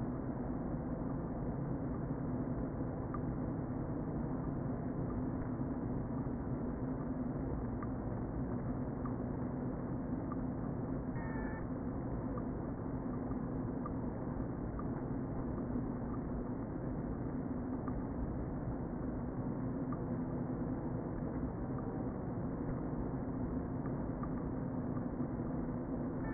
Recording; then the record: honeybee colony, microphone inside the hive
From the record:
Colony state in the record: queen present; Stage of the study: before two queens were removed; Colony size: about 60,000 bees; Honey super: yes